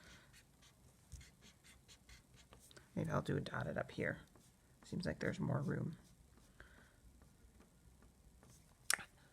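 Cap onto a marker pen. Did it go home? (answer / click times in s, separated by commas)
yes / 8.9 s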